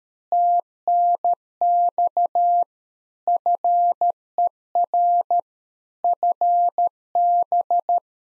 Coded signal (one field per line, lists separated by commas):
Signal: Morse code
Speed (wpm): 13 wpm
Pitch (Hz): 700 Hz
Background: none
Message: TNX FER FB